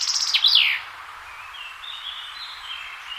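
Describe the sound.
Chaffinch song fragment: a loud, quick descending flourish of bright notes sliding downward, then a faint thin warble in the background.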